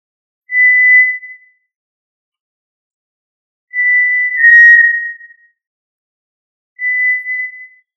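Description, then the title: Tinamou giving clear, level whistles, three notes spaced roughly three seconds apart, the middle one longer, with nothing else audible. "Familia Tinamidae - Quail - Puyuh"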